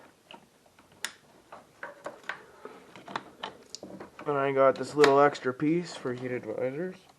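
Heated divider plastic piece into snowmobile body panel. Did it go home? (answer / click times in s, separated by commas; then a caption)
no / none. A small plastic extra piece for heated dividers is handled against the body panel of a 2015 Ski-doo snowmobile, making a series of light taps and knocks between about 1.0 and 3.8 s. Someone then talks from about 4.2 s to the end. The piece has not seated or clicked into place yet.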